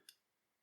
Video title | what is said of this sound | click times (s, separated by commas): Impulse buy? Cart filler? - Ryobi Folding Pocket Knife - Budget Folder | and so we can see the the way the compression Lock Works on this action you press that lock in | 0.1 s